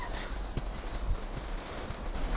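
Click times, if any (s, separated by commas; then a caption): none. A T20 retaining screw is being done up 12 revolutions to lock the door lock barrel back into the door handle carrier of a VW Golf MK5 car door. Faint handling knocks and scrapes sit over a steady low rumbling background, growing slightly louder at the very end. Nothing has seated or clicked yet.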